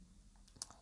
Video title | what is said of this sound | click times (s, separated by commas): Xiaomi 11T: How to insert the SIM card? Tutorial for the SIM installation | so enter like this and you hear a little click noise then your notes were inserted it has to look like this then at the end | 0.6 s